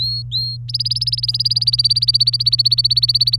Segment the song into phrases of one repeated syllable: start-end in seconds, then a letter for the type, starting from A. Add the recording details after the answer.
0.00-0.56 A, 0.68-3.38 B. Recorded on 24 April 2018 at 10:50. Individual llb3